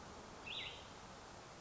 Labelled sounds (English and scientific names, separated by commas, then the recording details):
Cassin's Vireo (Vireo cassinii)
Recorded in Sonoma County, California